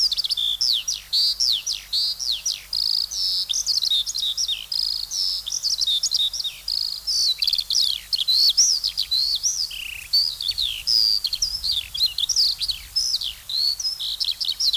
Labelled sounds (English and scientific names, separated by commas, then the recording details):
Eurasian Skylark (Alauda arvensis) song
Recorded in the wild
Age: adult
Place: Summt, am Buchenberg, Brandenburg, DE
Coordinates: 52.695, 13.3594
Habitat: wetland
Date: 1999-06-20 15:10
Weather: fair, 22 - 24°C, wind
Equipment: Sony WM-D6C, Sennheiser MKH 416 T, Kopie Uher 4000 Report Monitor
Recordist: Tembrock, Günter